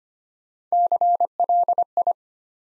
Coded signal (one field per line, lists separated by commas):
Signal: Morse code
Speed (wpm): 25 wpm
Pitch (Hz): 700 Hz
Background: none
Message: CLI